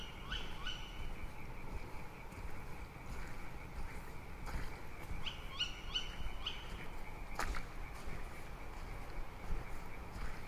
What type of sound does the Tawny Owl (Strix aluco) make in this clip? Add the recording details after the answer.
call. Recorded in the wild. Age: juvenile. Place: Kützerhof, Kummerower See, Mecklenburg-Vorpommern, DE. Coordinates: 53.87, 12.8672. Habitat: wood. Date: 2010-05-20 23:18. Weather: cloudy, 15°C, weak winds. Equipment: Sound Devices 702, Sennheiser MKH 70, Rycote Windschutz. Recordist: Frommolt, Karl-Heinz